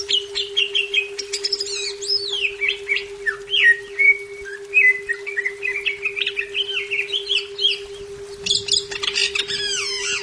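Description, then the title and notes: Leafbird pouring out rapid, warbled whistles and twisting buzzy notes without pause, ending in a dense high chatter over a steady hum. "Cucak Ijo"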